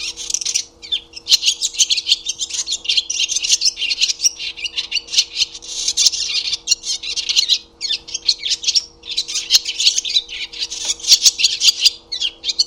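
Barn swallow pouring out a long, almost unbroken high chattering twitter, with brief pauses every few seconds and a faint steady hum beneath.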